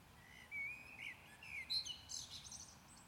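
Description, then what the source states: Common blackbird song phrase: clear fluty whistles sliding up and down, followed by a rapid scratchy high twitter at the end. Recorded at Maindy.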